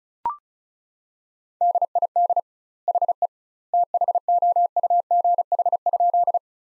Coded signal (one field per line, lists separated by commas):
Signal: Morse code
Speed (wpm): 34 wpm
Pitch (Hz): 700 Hz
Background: none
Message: DID HE THOUGH?